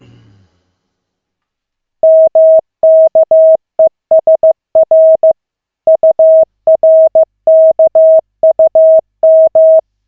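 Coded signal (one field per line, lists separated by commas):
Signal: Morse code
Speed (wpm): 15 wpm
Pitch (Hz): 640 Hz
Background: none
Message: MKESR URKUM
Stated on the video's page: Koch method CW practice session at 15/15 wpm, lesson 1 of 40, two characters, using the LCWO.net website.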